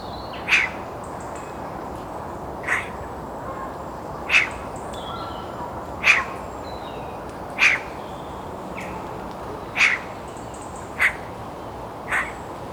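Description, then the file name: Eurasian magpie repeating a single short harsh call eight times at somewhat irregular intervals. "Pica pica"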